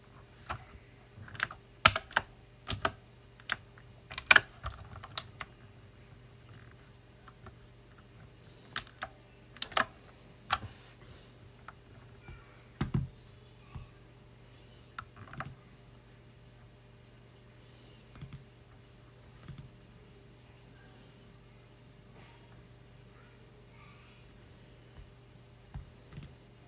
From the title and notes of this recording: You will hear a close-up recording of me working with a loud mechanical keyboard.